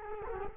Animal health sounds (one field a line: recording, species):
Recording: mosquito wingbeat signal from an infrared sensor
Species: Culex quinquefasciatus